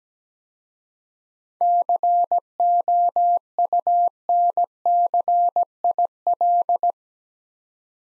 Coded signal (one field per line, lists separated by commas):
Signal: Morse code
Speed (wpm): 17 wpm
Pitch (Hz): 700 Hz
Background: none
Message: COUNCIL